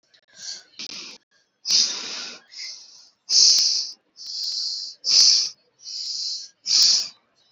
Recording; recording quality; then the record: deep breathing; excellent, no background noise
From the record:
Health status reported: exposed to COVID-19, no respiratory illness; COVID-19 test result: not tested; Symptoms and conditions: cough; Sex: female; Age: 28 years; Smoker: not ticked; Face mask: not worn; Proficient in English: yes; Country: India